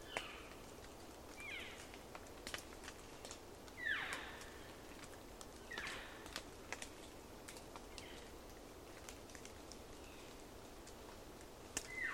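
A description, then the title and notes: Dawn in the Queets River Valley rainforest: a steady hiss underlies scattered bird calls and clicks, with brief louder bursts near four and six seconds. A long soundscape across Dawn in the Queets River Valley rainforest of the Olympic National Park. Distant traffic is funneled up the Valley. Queets River Valley Rainforest Dawn with Elk.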